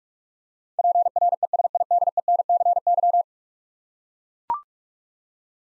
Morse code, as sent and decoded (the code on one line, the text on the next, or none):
.--. .-. . ... .. -.. . -. -.-. -.--
PRESIDENCY